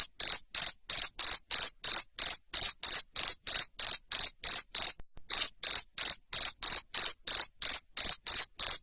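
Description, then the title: Cricket giving a long run of loud high-pitched chirps at a fast steady pace, interrupted once by a short silence. Loud cricket chirping to stimulate lovebirds to sing continuously. "Suara JANGKRIK NGERIK Keras Bikin LOVEBIRD Jadi NGEKEK Terus Vubey"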